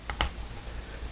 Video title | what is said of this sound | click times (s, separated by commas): How To Install A Ceiling Fan | push it together until you hear a snap | 0.1 s, 0.2 s